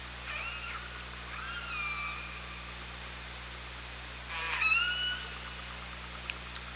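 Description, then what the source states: Killer whale calls: two short wavering harmonic calls, then a louder pulsed burst that turns into a tonal call, over a steady low background hum. Recorded on the OrcaLab hydrophone, 24 August 2017, around 17:37.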